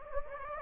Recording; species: mosquito wingbeat signal from an infrared sensor; Anopheles gambiae